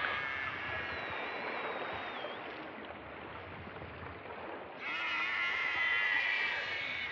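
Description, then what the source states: Killer whale vocalizations, a long wavering high whistle early on, then loud harmonic calls starting abruptly near five seconds, with watery noise beneath. Recorded during a killer whale attack on a gray whale, April 2014.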